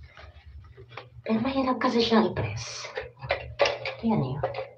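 While installing a new toilet tank fill valve, a gloved hand presses on its hard-to-press plastic locking part as someone talks, with a few faint handling taps and knocks in between. Nothing has seated or clicked yet.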